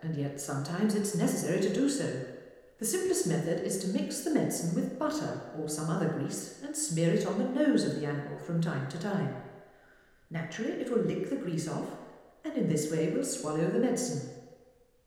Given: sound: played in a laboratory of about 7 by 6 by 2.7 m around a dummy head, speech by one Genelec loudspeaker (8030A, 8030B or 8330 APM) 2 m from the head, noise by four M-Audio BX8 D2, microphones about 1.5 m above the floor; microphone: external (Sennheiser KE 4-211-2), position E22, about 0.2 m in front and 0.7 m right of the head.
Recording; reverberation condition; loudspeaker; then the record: female speech in English; high; 90 degrees to the right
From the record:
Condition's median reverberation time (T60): about 1300 ms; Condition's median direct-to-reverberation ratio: about -4.0 dB